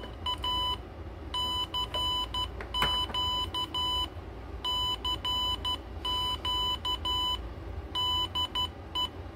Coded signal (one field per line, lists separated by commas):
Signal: Morse code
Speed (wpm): 12 wpm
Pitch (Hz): 3000 Hz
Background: none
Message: A CQ CQ DE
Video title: Arduino Morse Code Auto messenger and Auto Keyer.